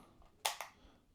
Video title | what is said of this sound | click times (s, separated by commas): Water Flosser Unboxing & First Look - Portable Cordless Oral Irrigator | and it pops into place just like that, and then you have this button here to release it, | 0.5 s